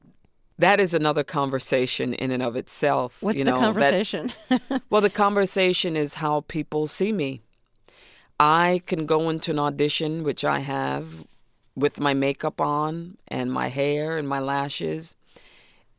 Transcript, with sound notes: that is another conversation in and of itself. You know, that...
What's the conversation?
(SOUNDBITE OF LAUGHTER)
Well, the conversation is how people see me. I can go into an audition, which I have, with my makeup on and my hair and my lashes